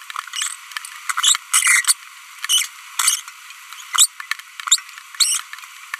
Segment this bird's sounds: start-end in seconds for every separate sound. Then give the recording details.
0.33-0.55, 1.17-1.36, 1.54-1.93, 2.43-2.66, 2.99-3.20, 3.93-4.06, 5.20-5.40. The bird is a female. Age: 23 days. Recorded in a nest box in Venezuela. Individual 17B42B2